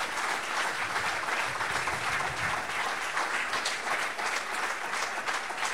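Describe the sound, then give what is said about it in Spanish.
An audience applauds the Lord in the morning, in a sustained, dense wash of clapping that stays steady and loud throughout, with no clear voices standing out. “Invitar a que le des un aplauso al Señor en esta mañana.”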